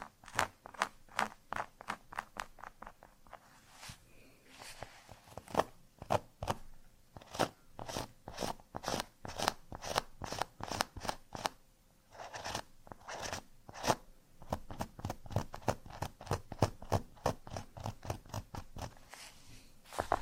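Quick, dry scratches on cork repeat in rapid bursts throughout, crisp and crunchy, with brief pauses and a few denser rasping stretches midway.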